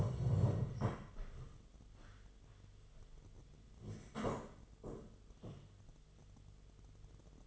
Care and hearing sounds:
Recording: daily activity, microphone in the room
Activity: stand up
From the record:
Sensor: 4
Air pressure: 1006.0 hPa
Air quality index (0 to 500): 105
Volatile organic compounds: 3 ppm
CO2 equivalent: 1317 ppm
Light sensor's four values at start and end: 12/28/11/10 and 12/28/11/10

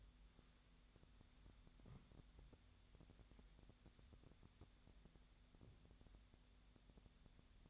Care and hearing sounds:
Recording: daily activity, microphone in the room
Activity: wipe stove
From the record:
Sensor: 3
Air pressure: 1007.0 hPa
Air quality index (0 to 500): 206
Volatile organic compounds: 18 ppm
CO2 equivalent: 2627 ppm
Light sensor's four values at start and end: 11/27/11/11 and 11/27/11/11

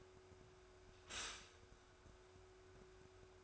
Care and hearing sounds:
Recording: daily activity, microphone in the room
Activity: stop toaster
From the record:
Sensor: 2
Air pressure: 1014.6 hPa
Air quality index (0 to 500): 203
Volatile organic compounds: 23 ppm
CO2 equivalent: 2789 ppm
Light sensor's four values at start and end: 3/9/3/3 and 3/9/3/3

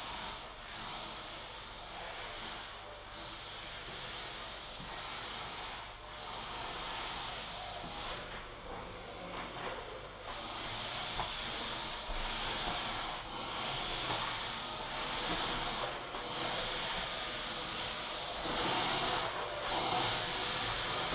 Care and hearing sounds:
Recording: daily activity, microphone in the room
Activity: vacuum cleaning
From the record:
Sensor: 5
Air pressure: 992.0 hPa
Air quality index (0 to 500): 175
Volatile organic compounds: 621 ppm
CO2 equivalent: 4959 ppm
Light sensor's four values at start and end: 30/103/38/40 and 29/100/37/39

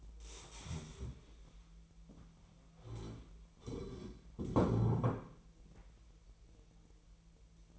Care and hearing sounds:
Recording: daily activity, microphone in the room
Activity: stand up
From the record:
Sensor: 1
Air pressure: 1001.6 hPa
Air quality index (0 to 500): 248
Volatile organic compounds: 119 ppm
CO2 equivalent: 3868 ppm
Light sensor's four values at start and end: 14/33/14/15 and 14/33/14/15

